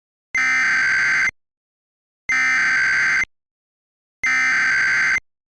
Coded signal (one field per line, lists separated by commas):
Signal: Emergency Alert System (SAME) tones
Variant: header bursts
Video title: EAS Scenario: The Solar Mutations Preview 2